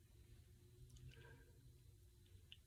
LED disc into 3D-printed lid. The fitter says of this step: snaps into place in the hole in the lid